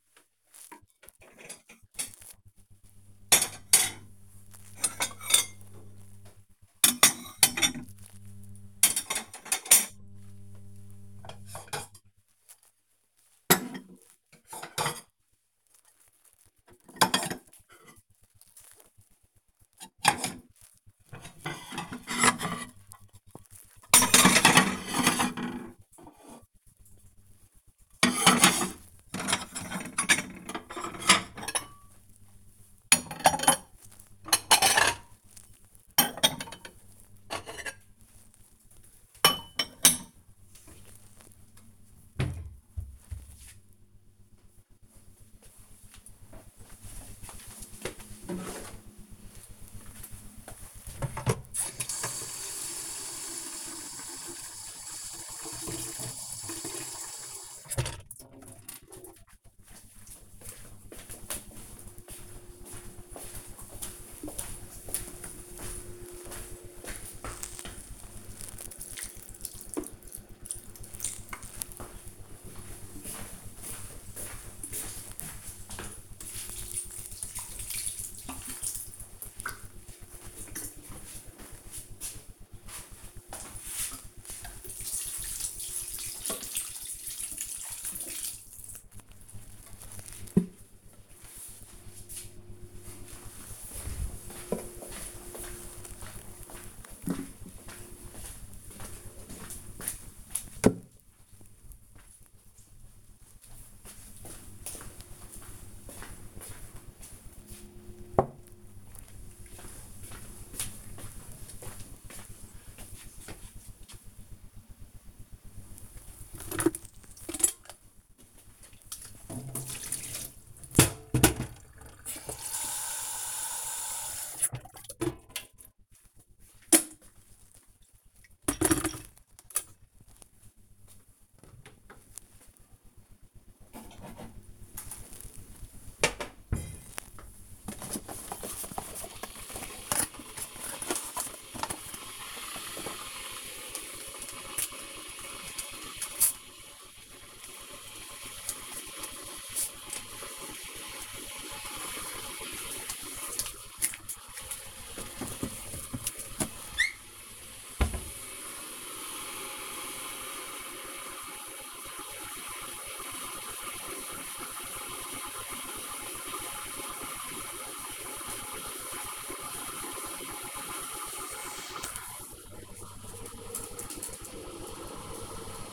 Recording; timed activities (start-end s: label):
household activities, microphone on the right wrist
0.00-41.46 s: putting away the dishes
50.52-88.82 s: watering plant
115.01-175.72 s: making tea